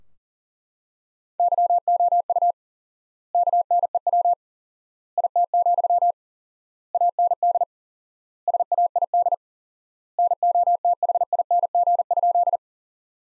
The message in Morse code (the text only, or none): YOU KNEW IT, AND SAID NOTHING?